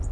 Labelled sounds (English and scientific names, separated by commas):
Red-faced Warbler (Cardellina rubrifrons) flight call